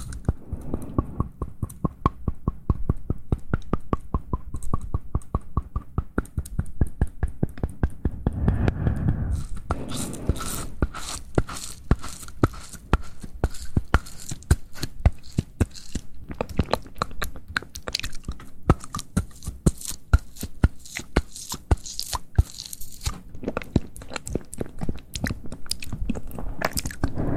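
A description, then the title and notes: Soft mouth sounds: a dense run of small wet clicks and crunchy bites, like chewing, continues throughout. Around eight to ten seconds a low, breathy rush swells briefly, and after ten seconds the clicks turn crisper and brighter, with a faint steady tone beneath. Soft Mouth Sounds For Sleep.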